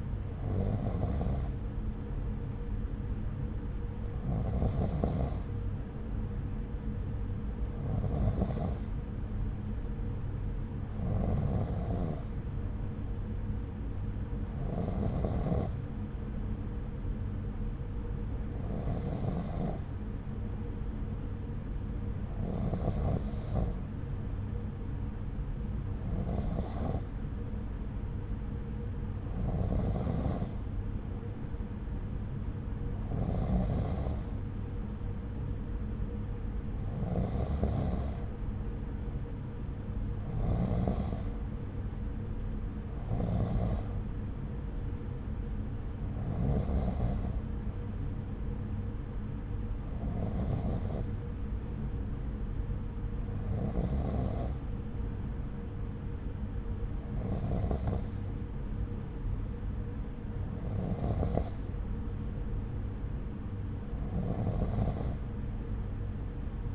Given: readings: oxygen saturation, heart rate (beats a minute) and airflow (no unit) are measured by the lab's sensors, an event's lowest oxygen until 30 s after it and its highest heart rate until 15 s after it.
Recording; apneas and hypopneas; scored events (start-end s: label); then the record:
breathing in sleep by a smartphone at the bedside; none
60.00-66.75 s: new sleep stage, N3 (deep sleep)
From the record:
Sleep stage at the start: N2 (light sleep); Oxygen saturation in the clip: 92 to 93%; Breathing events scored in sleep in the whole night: 303 in 8.1 hours asleep